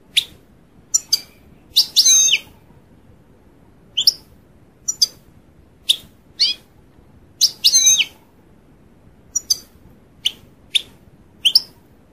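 European goldfinch, short sharp chirps and clipped twittering notes given irregularly throughout, with quiet gaps between them.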